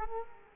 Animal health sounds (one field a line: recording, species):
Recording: mosquito wingbeat signal from an infrared sensor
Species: Culex quinquefasciatus